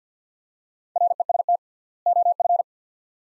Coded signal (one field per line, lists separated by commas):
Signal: Morse code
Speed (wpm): 50 wpm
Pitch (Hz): 700 Hz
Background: none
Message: REST OF